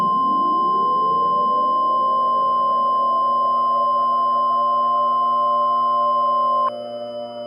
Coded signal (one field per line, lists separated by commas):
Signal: Emergency Alert System (SAME) tones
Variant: 1050 Hz attention tone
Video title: EAS Mock: Generic Texas Tornado II